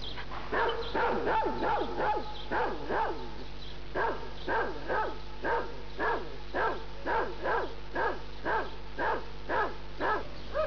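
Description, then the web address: Dog barking in a fast series of short, harsh barks, roughly two each second, over a steady low hum. In a garden in Brazil, 1998. "brasil 1998 garten hund"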